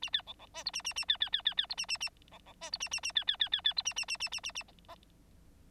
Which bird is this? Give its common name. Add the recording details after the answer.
Bengalese Finch. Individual Bird9